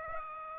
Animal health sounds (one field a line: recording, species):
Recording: mosquito wingbeat signal from an infrared sensor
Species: Aedes aegypti